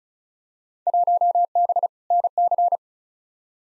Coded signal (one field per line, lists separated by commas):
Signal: Morse code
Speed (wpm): 34 wpm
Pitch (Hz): 700 Hz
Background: none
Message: 1B NC